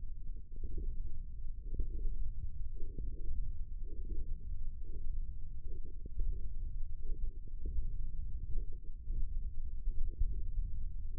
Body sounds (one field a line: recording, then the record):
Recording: forearm muscle sounds (acoustic myography)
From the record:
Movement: index flexion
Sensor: system 1, eight BSWA MPA416 microphones around the upper forearm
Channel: 6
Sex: male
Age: 20 years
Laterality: left